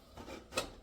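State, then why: Seated. A metal pressure canner lid is turned on the canner base with its handles lined up to the base's handles until the lid locks into place. A soft rubbing scrape around 0.2 s is followed by a sharp knock at 0.6 s as the lid seats and locks.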